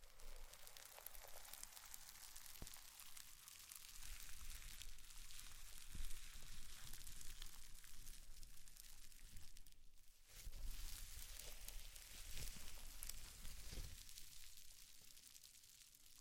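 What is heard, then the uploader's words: Slime being squished and handled, a dense run of wet crackles and small pops that keeps going for the whole stretch. Sharper squelches stand out near 6, 10 and 14 seconds, with a brief quieter dip just before 10 seconds. ASMR SLIME! 5 Satisfying Slimes.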